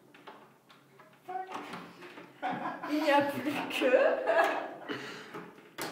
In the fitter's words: Voilà, et ça fait clic. Vous savez que la porte est fixée.